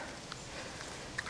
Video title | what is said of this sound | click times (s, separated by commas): APN-30 Label Applicator: Work harder, not smarter (I may be dyslexic)￼￼￼ | Let me pop this off again. There we go. Now it's popped into place. | 1.2 s